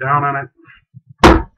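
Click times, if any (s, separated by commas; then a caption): 1.2 s. Someone talks, then an SKS trigger group is pushed down into a synthetic stock. One strong thunk is heard at 1.2 seconds as the trigger group latches into the stock and is seated.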